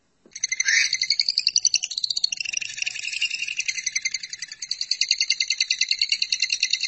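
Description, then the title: Lovebird producing a sustained high, rattling chatter of rapid pulses, starting with a brief rising note and continuing evenly for the rest. "BM Suara Burung Lovebird"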